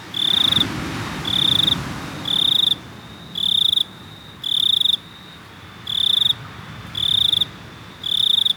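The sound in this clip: Cricket calling in rhythmic buzzy chirps about a second apart, each a brief high-pitched pulsing trill.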